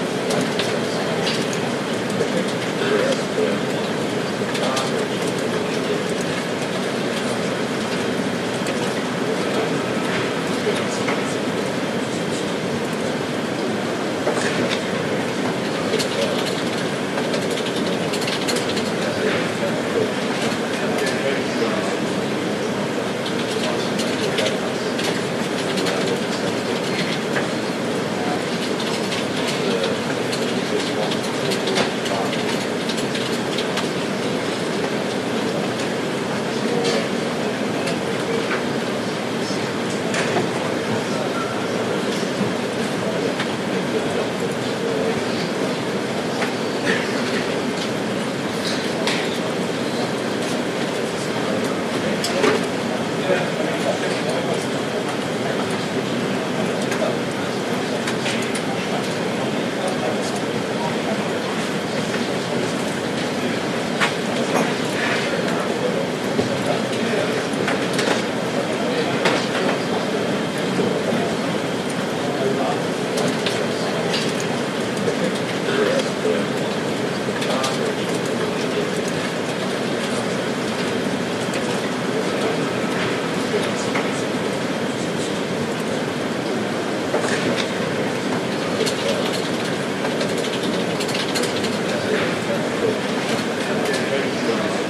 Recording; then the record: background sound without coughing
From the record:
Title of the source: Office Sounds Ambience - Background Noise for Study and Work